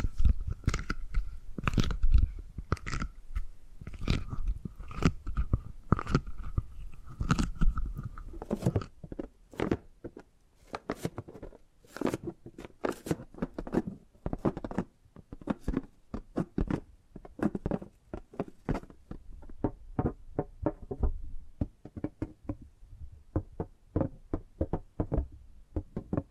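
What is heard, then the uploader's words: Tapping and gripping sounds: quick, irregular taps and knocks come in dense clusters throughout, with crisp crackling edges like something crunchy being squeezed. A faint steady tone hums along in the first half, and the taps grow sparser and sharper later on. ASMR Tapping and Gripping Sounds for Sleep No Talking.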